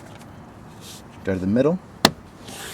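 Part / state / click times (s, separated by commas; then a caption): plastic sunroof trim piece clip into frame / seated / 2.0 s. A plastic sunroof trim piece on a Jeep Commander, lined up with its holes and given a gentle push at the middle, is fitted into the frame. Someone talks, then a single sharp snap is heard at 2.0 seconds as the middle clip seats in the frame.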